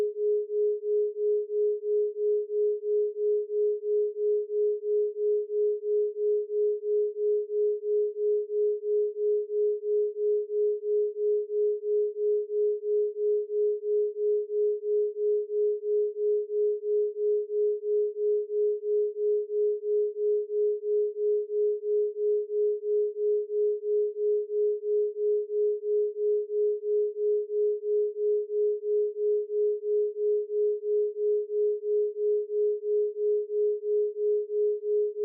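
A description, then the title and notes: A binaural beat built from two pure tones at 417Hz and 420Hz sits as a single steady low-middle hum. The pitch never changes, and the loudness pulses evenly about three times a second for the whole clip. Nothing else is heard. 3Hz - Delta | 417Hz & 420Hz Binaural beat. The 417Hz pure binaural frequency.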